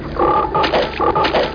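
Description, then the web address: Frog croaking in short repeated bursts, a few nasal tonal notes over roughly a second and a half. "SOUNDLIB 2. frog"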